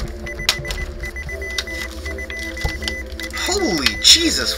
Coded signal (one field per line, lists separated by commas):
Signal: Morse code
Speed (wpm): 19 wpm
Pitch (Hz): 2000 Hz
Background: speech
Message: 5321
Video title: Steam One Shots- Dabda | I Gotta Know Morse Code!?!?!